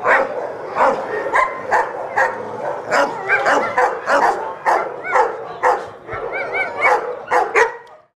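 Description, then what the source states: Dogs barking in a quick, repeated series of sharp barks, with a few higher, wavering whines mixed in. More than one dog.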